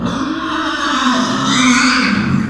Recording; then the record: squeal of a Yucatan mini pig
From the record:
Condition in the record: after surgery on the right vocal fold (resection and tissue-engineered implant); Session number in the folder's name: 14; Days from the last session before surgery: 133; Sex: female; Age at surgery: 19 weeks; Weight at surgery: 25 kg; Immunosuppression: prednisolone